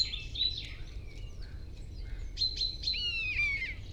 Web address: Ocells Cultura Estornino pinto